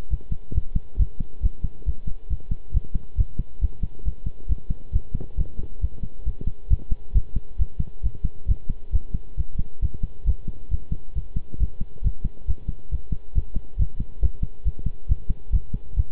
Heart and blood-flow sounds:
heart sounds by stethoscope; between the tricuspid and mitral areas; 136 bpm
0.10 s: heartbeat
0.54 s: heartbeat
0.98 s: heartbeat
1.42 s: heartbeat
1.86 s: heartbeat
2.30 s: heartbeat
2.73 s: heartbeat
3.17 s: heartbeat
3.61 s: heartbeat
4.04 s: heartbeat
4.49 s: heartbeat
4.93 s: heartbeat
5.37 s: heartbeat
5.81 s: heartbeat
6.25 s: heartbeat
6.70 s: heartbeat
7.14 s: heartbeat
7.59 s: heartbeat
8.03 s: heartbeat
8.48 s: heartbeat
8.93 s: heartbeat
9.37 s: heartbeat
9.82 s: heartbeat
10.26 s: heartbeat
10.71 s: heartbeat
11.15 s: heartbeat
11.59 s: heartbeat
12.04 s: heartbeat
12.47 s: heartbeat
12.91 s: heartbeat
13.35 s: heartbeat
13.78 s: heartbeat
14.22 s: heartbeat
14.65 s: heartbeat
15.08 s: heartbeat
15.52 s: heartbeat
15.96 s: heartbeat
From the record:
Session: pedaling a stationary bicycle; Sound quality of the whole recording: good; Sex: male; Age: 23 years

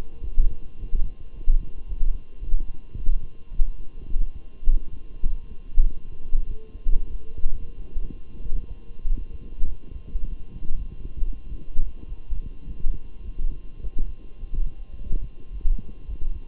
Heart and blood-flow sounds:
heart sounds by stethoscope; between the tricuspid and mitral areas; 102 bpm
0.22 s: heartbeat
0.77 s: heartbeat
1.32 s: heartbeat
1.86 s: heartbeat
2.40 s: heartbeat
2.95 s: heartbeat
3.50 s: heartbeat
4.07 s: heartbeat
4.64 s: heartbeat
5.22 s: heartbeat
5.83 s: heartbeat
6.46 s: heartbeat
7.09 s: heartbeat
7.75 s: heartbeat
8.42 s: heartbeat
9.05 s: heartbeat
9.66 s: heartbeat
10.27 s: heartbeat
10.88 s: heartbeat
11.48 s: heartbeat
12.07 s: heartbeat
12.66 s: heartbeat
13.24 s: heartbeat
13.81 s: heartbeat
14.38 s: heartbeat
14.95 s: heartbeat
15.51 s: heartbeat
16.07 s: heartbeat
From the record:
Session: walking at 3.7 km/h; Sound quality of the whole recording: good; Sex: male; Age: 23 years

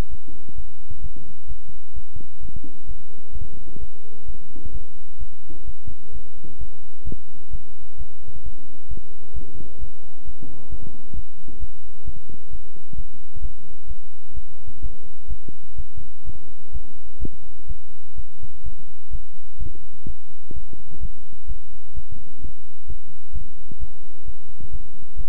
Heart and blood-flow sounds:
heart sounds by stethoscope; between the tricuspid and mitral areas; 129 bpm
0.10 s: heartbeat
0.56 s: heartbeat
1.02 s: heartbeat
1.48 s: heartbeat
1.94 s: heartbeat
2.41 s: heartbeat
2.87 s: heartbeat
3.33 s: heartbeat
3.80 s: heartbeat
4.26 s: heartbeat
4.72 s: heartbeat
5.19 s: heartbeat
5.65 s: heartbeat
6.13 s: heartbeat
6.59 s: heartbeat
7.05 s: heartbeat
7.51 s: heartbeat
7.98 s: heartbeat
8.44 s: heartbeat
8.89 s: heartbeat
9.34 s: heartbeat
9.80 s: heartbeat
10.25 s: heartbeat
10.70 s: heartbeat
11.15 s: heartbeat
11.60 s: heartbeat
12.05 s: heartbeat
12.51 s: heartbeat
12.96 s: heartbeat
13.42 s: heartbeat
13.88 s: heartbeat
14.35 s: heartbeat
14.82 s: heartbeat
15.28 s: heartbeat
15.77 s: heartbeat
16.25 s: heartbeat
16.73 s: heartbeat
17.20 s: heartbeat
17.68 s: heartbeat
18.16 s: heartbeat
18.64 s: heartbeat
19.11 s: heartbeat
19.59 s: heartbeat
20.07 s: heartbeat
20.54 s: heartbeat
21.01 s: heartbeat
21.48 s: heartbeat
21.95 s: heartbeat
22.42 s: heartbeat
22.88 s: heartbeat
23.33 s: heartbeat
23.79 s: heartbeat
24.26 s: heartbeat
24.71 s: heartbeat
25.16 s: heartbeat
From the record:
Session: bicycle stress test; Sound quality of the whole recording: good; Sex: male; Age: 23 years

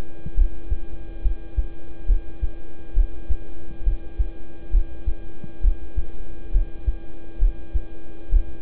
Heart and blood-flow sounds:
heart sounds by stethoscope; between the tricuspid and mitral areas; 68 bpm
0.34 s: heartbeat
1.22 s: heartbeat
2.06 s: heartbeat
2.93 s: heartbeat
3.83 s: heartbeat
4.71 s: heartbeat
5.61 s: heartbeat
6.51 s: heartbeat
7.38 s: heartbeat
8.29 s: heartbeat
From the record:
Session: rest, lying down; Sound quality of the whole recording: good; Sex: male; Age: 26 years

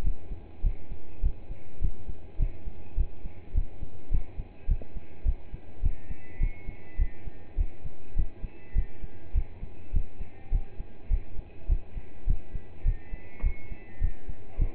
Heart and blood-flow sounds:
heart sounds by stethoscope; between the tricuspid and mitral areas; 103 bpm
0.03 s: heartbeat
0.63 s: heartbeat
1.22 s: heartbeat
1.81 s: heartbeat
2.39 s: heartbeat
2.97 s: heartbeat
3.54 s: heartbeat
4.11 s: heartbeat
4.68 s: heartbeat
5.25 s: heartbeat
5.82 s: heartbeat
6.40 s: heartbeat
6.98 s: heartbeat
7.57 s: heartbeat
8.16 s: heartbeat
8.75 s: heartbeat
9.34 s: heartbeat
9.93 s: heartbeat
10.51 s: heartbeat
11.10 s: heartbeat
11.68 s: heartbeat
12.26 s: heartbeat
12.85 s: heartbeat
13.43 s: heartbeat
14.01 s: heartbeat
14.58 s: heartbeat
From the record:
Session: pedaling a stationary bicycle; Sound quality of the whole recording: partially saturated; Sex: male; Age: 27 years

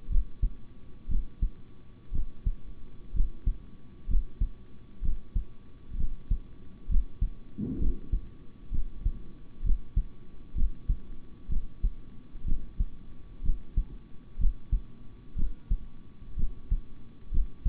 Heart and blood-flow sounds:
heart sounds by stethoscope; between the tricuspid and mitral areas; 63 bpm
0.09 s: heartbeat
1.08 s: heartbeat
2.11 s: heartbeat
3.13 s: heartbeat
4.07 s: heartbeat
5.01 s: heartbeat
5.96 s: heartbeat
6.88 s: heartbeat
7.78 s: heartbeat
8.71 s: heartbeat
9.63 s: heartbeat
10.54 s: heartbeat
11.48 s: heartbeat
12.45 s: heartbeat
13.42 s: heartbeat
14.38 s: heartbeat
15.35 s: heartbeat
16.36 s: heartbeat
17.31 s: heartbeat
From the record:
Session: rest, sitting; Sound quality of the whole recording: good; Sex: male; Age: 26 years

